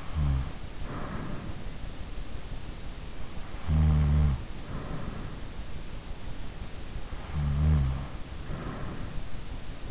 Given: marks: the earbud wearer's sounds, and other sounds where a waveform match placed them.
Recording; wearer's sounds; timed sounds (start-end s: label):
sounds in sleep by an in-ear microphone; snoring breath
0.00-1.84 s: snoring breath
3.68-5.27 s: snoring breath
7.35-9.17 s: snoring breath